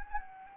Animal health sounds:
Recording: mosquito wingbeat signal from an infrared sensor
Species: Anopheles gambiae

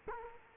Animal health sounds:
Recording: mosquito wingbeat signal from an infrared sensor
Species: Culex quinquefasciatus

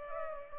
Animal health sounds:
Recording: mosquito wingbeat signal from an infrared sensor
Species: Culex pipiens

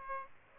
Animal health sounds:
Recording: mosquito wingbeat signal from an infrared sensor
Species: Aedes aegypti

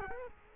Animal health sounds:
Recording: mosquito wingbeat signal from an infrared sensor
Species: Culex quinquefasciatus

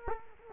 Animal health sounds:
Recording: mosquito wingbeat signal from an infrared sensor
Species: Culex quinquefasciatus

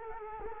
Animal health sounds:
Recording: mosquito wingbeat signal from an infrared sensor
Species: Culex quinquefasciatus

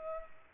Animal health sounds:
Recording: mosquito wingbeat signal from an infrared sensor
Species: Culex pipiens

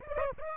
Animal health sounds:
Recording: mosquito wingbeat signal from an infrared sensor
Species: Aedes aegypti

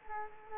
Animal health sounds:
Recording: mosquito wingbeat signal from an infrared sensor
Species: Culex quinquefasciatus

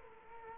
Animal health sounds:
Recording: mosquito wingbeat signal from an infrared sensor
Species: Culex quinquefasciatus

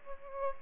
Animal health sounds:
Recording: mosquito wingbeat signal from an infrared sensor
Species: Aedes aegypti

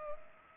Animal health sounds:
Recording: mosquito wingbeat signal from an infrared sensor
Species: Culex pipiens

